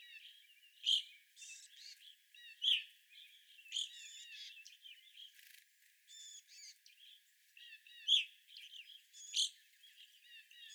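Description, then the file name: Evening grosbeak calls: loud short notes at irregular intervals over softer high chirping. Several evening grosbeaks recorded on 25 April 2021. "2021-04-25 Evening Grosbeaks"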